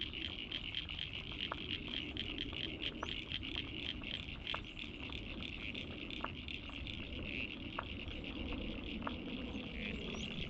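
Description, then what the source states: Frogs calling in a dense high chorus, with occasional sharp clicks over a broad, steady low hiss. Frogs recorded at North Head, Sydney, Australia.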